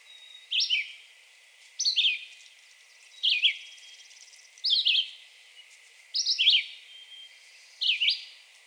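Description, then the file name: Red-eyed Vireo song: clear downslurred whistled phrases repeated about every one and a half seconds, steady and unhurried, over a quiet background. Recorded 2 June 2020. "2020-06-02 Red-eyed Vireo"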